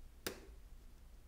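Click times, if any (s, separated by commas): 0.3 s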